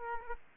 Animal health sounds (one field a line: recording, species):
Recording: mosquito wingbeat signal from an infrared sensor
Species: Aedes aegypti